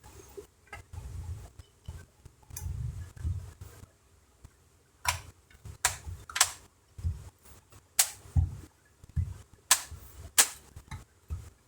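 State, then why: Seated. The plastic bottom cover of an HP 15s-FR1004TU laptop is pressed down along its edges so its plastic locking clips snap into the laptop base. A series of sharp snaps sounds over low handling thumps, with the main clicks at 5.9 s, 8.0 s and 9.7 s. All the plastic locks end up seated in place.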